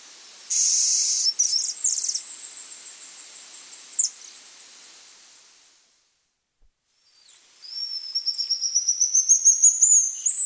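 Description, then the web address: Golden-rumped lion tamarin: a loud high burst and a long steady whistle, a short silence, then a run of rising shrill notes. Primate of the South American rainforest. "Natures Songs S America Primates of the Rainforest Golden-rumped lion tamarin"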